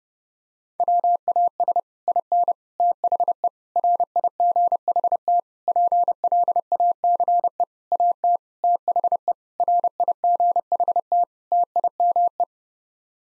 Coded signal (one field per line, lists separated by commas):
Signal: Morse code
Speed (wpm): 30 wpm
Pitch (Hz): 700 Hz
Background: none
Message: WAS IN THE RIGHT PLACE AT THE RIGHT TIME